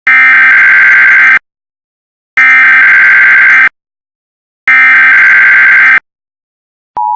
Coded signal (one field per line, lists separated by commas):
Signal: Emergency Alert System (SAME) tones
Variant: header bursts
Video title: EAS #2 Flash Flood Warning 20/05/2018 (HD)